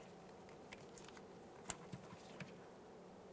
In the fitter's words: listen for a click